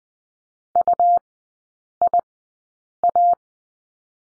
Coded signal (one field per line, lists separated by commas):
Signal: Morse code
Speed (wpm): 20 wpm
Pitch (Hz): 700 Hz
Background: none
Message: UIA